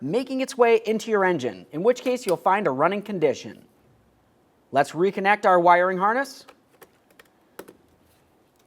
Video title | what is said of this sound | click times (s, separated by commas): How to Replace Mass Air Flow Sensor 2001-2005 Ford Sport Trac XLT | listen for a click give it a tug to make sure it's secured | 7.6 s